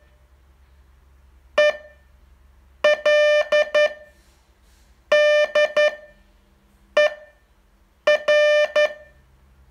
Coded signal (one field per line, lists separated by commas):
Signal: Morse code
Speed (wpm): 11 wpm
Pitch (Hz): 600 Hz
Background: none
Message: ELDER